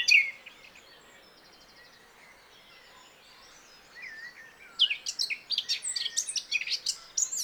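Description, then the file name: Eurasian blackcap song: a short loud note at the start, a quiet pause with faint twitters, then rapid, loud chattering and warbling phrases filling the last three seconds. "Sylvia atricapilla"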